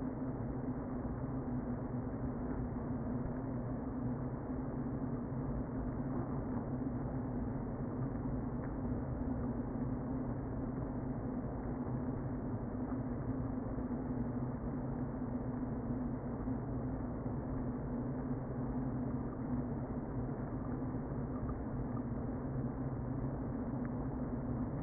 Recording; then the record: honeybee colony, microphone inside the hive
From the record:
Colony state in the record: queen present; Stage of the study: before two queens were removed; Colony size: about 60,000 bees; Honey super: yes